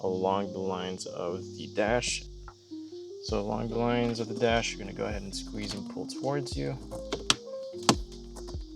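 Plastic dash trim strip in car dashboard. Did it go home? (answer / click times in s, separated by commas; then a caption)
released / 7.9 s. A large plastic dash trim strip on a 2025 Honda Civic dashboard is squeezed and pulled toward the installer along the dash line while someone talks over background music. A sharp pop at 7.9 seconds is heard as the strip's clips release and it comes off easily.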